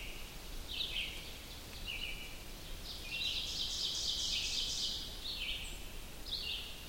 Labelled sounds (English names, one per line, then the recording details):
Ovenbird song
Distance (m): 50 m
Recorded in boreal forest in Alberta, Canada, on 2 June 2016 at 05:16
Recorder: SongMeter 3, array SBT-3-7
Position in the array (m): 22 m, 131 m
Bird 4